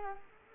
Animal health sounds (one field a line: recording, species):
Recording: mosquito wingbeat signal from an infrared sensor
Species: Culex quinquefasciatus